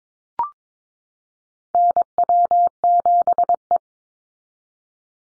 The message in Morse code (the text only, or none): NW7E